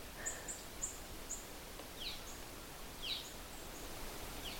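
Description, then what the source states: Red-eyed Vireo making a few down-slurred complaining notes, alongside a series of thin, very high chips. In fall; not singing its song, making only the complaining sound.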